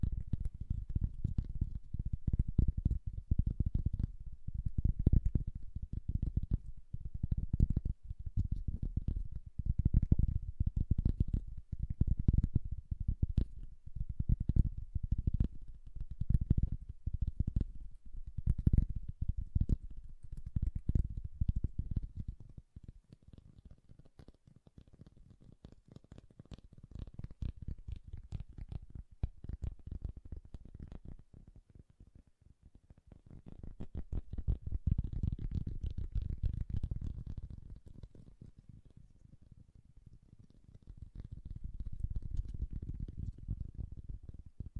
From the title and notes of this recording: ASMR Bassy and Soft Tapping Sounds. (No Talking).